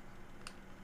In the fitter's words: you need to push it a little bit more to make it lock